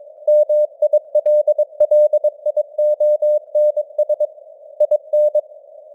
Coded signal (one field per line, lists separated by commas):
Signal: Morse code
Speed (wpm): 22 wpm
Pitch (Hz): 600 Hz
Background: none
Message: MILLIONS IN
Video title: Morse Code News | 2025-12-12 | 22wpm